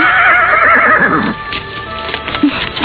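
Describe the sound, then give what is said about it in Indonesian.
A horse lets out a loud, wavering whinny that rises and shakes before trailing off, followed by a few scattered hoof clops on hard ground. “Tapi bagaimana dengan kuda?”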